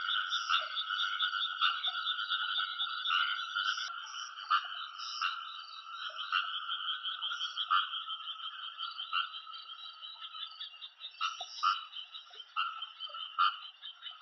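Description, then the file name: Frog chorus of overlapping trilled calls, steady and continuous, with louder individual calls standing out now and then above the background calling. "カエルの鳴き声"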